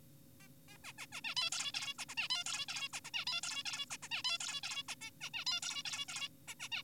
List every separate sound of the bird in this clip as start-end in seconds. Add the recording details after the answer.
0.40-0.48, 0.68-0.78, 0.84-0.93, 0.98-1.06, 1.12-1.21, 1.24-1.35, 1.37-1.51, 1.52-1.72, 1.74-1.94, 1.99-2.05, 2.09-2.15, 2.18-2.28, 2.30-2.44, 2.46-2.66, 2.68-2.88, 2.93-3.00, 3.05-3.11, 3.14-3.25, 3.27-3.41, 3.43-3.63, 3.66-3.86, 3.90-3.97, 4.03-4.08, 4.12-4.22, 4.25-4.38, 4.40-4.61, 4.63-4.83, 4.88-4.95, 5.01-5.11, 5.21-5.30, 5.34-5.45, 5.47-5.60, 5.63-5.83, 5.85-6.06, 6.08-6.29, 6.48-6.54, 6.60-6.69, 6.72-6.83. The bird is an adult. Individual g4p5U